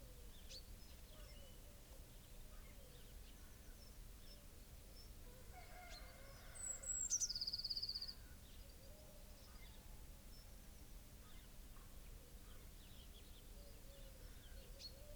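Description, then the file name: Eurasian blue tit call: a couple of thin, very high notes followed by a fast buzzy churring trill, heard once midway through a quiet, hissing background. "Cyanistes caeruleus"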